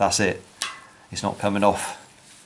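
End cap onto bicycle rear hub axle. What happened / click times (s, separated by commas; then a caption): Handled, not yet home: end cap not yet popped on / none. An end cap is handled at the end of a DT Swiss 240 bicycle rear hub axle during a ratchet freehub service, with someone talking over it. A short sharp tap is heard around 0.6 s, but nothing has seated or clicked yet.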